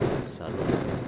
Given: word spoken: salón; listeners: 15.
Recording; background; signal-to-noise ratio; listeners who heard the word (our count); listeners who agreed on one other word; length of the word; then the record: one Spanish word in noise, from a listening test; noise modulated by three-talker babble; -7.6 dB; 1 of 15; 10 of 15; 0.68 s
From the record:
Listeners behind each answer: 10, 1, 1, 1, 1, 1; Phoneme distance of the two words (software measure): 20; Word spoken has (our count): 2 syllables, 5 phonemes, stress on syllable 2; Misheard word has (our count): 2 syllables, 5 phonemes, stress on syllable 2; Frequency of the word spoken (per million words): 53.90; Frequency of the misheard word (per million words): 187.66